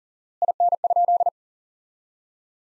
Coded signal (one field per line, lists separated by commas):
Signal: Morse code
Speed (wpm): 40 wpm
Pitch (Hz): 700 Hz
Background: none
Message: IN?